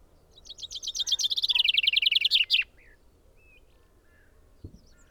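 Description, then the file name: Common chaffinch song: a descending trill of many clear notes, ending in a sharp flourish. A few soft chirps and a low thump follow. "Fringilla coelebs"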